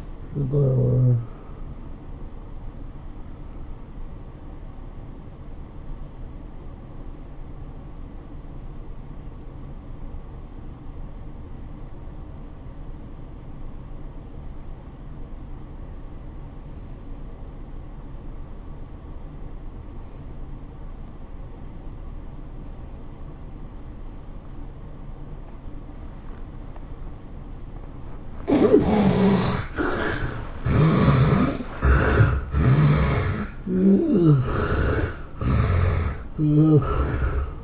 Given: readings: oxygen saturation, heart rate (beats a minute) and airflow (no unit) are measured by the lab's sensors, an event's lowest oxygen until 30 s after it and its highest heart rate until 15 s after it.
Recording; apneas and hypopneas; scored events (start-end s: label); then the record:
breathing in sleep by a smartphone at the bedside; 1
6.00-28.30 s: obstructive apnea (N1, oxygen 97% highest, then 73% lowest, heart rate 96 at the start, 109 highest)
From the record:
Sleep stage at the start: N1 (lightest sleep); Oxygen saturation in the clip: 75 to 97%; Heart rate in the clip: 80 to 107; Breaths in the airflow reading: 4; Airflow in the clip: -11.1 to 11.7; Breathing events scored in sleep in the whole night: 403 in 5.5 hours asleep